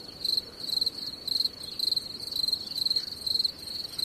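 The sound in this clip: Cricket chirping: short, high, pulsed chirps repeated about twice a second, in an even rhythm over faint background hiss.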